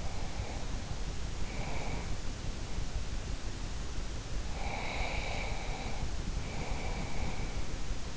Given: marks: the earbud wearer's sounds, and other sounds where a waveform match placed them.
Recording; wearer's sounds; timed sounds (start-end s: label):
sounds in sleep by an in-ear microphone; breath
0.00-3.18 s: breath
4.30-8.00 s: breath